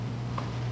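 The new tabs on a plastic hood latch cover on a BMW F30 are guided into the mounting holes underneath and pressed, popping into place with a single short click at 0.4 s over a steady low hum. The cover is seated snug and secure.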